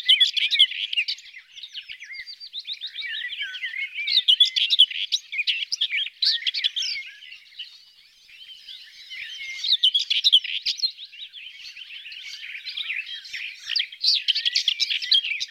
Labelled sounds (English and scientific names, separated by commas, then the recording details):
Common Whitethroat (Sylvia communis) song
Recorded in the wild
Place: Ahlenmoor, Schleswig-Holstein, DE
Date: 1982-05-31
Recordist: Schwarz, Dieter